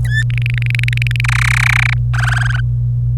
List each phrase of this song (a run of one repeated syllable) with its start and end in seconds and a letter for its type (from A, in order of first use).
0.04-0.23 A, 0.30-1.21 B, 1.24-1.94 C, 2.14-2.60 D